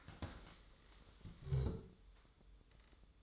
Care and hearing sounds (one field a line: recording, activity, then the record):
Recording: daily activity, microphone in the room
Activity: stand up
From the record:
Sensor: 3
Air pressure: 1005.0 hPa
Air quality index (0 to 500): 94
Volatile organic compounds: 3 ppm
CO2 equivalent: 1455 ppm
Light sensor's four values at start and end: 10/22/9/9 and 9/21/9/8